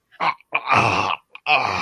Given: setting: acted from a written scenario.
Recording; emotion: vocal sound without words; disgust